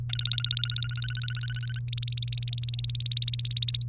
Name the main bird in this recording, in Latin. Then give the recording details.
Serinus canaria. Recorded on 3 May 2018 at 06:40. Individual llb3